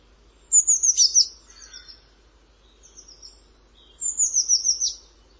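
Bird giving high, thin descending twittering phrases of rapid notes, one burst near the start and another repeating it a few seconds later, with quiet background.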